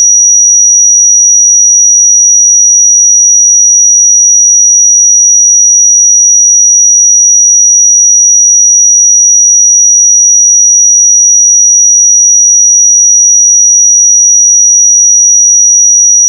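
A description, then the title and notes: A pure sine tone at 5798 Hz holds perfectly steady for about sixteen seconds, a single thin, piercing high pitch. Its level never changes, with no other sounds behind it, and it cuts off abruptly at the very end. 5798 Hz 1 Hz Interval Sine Pure Tone Frequency 441000 Sample Mono.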